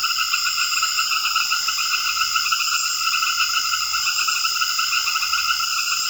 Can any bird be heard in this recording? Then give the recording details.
no. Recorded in secondary vegetation near Puerto Asís, Putumayo, Colombia, on 8 March 2025 at 19:30. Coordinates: 0.488, -76.319. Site G095